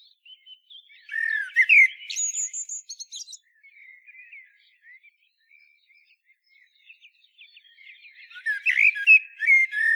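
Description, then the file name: Common blackbird song: mellow fluted warbles near the start and again at the end, each closing with high squeaky twitters, with faint bird chatter in between. "Turdus merula"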